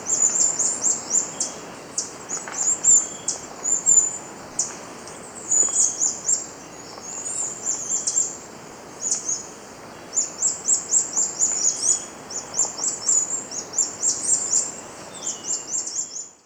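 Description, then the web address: Ash-browed spinetail calling in an almost continuous run of thin, very high chips and twittering phrases that rise and fall in loudness throughout. Recorded in Ecuador. "Birds of Ecuador. Ash-Browed Spinetail"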